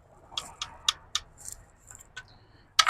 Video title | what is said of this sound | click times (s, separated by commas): Volvo xc90 tune up | you heard the clicks here first | 1.1 s, 2.8 s